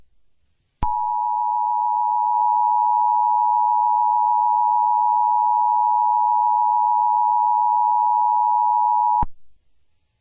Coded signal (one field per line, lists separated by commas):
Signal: Emergency Alert System (SAME) tones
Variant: 853 and 960 Hz attention tone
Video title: EAS scenario #1 | Nibiru